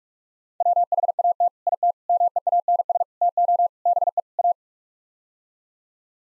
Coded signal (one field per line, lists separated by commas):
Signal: Morse code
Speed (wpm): 41 wpm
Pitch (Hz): 700 Hz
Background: none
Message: WHAT IT MEANS TO BE A